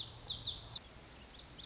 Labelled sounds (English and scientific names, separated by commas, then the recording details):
Lazuli Bunting (Passerina amoena)
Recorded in Sonoma County, California